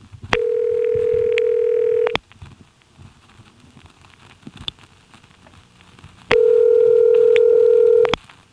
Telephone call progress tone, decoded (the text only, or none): ringback tone